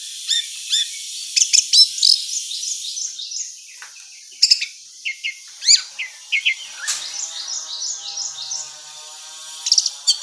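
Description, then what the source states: Orange-headed thrush song: scattered high chirps and short whistled notes in loose bursts, with varied phrasing and a faint steady background hiss throughout. Female; its song meant for therapy or training.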